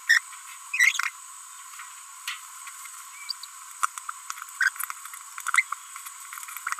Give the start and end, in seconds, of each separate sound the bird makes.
0.09-0.19, 0.74-1.09, 4.61-4.69, 5.54-5.62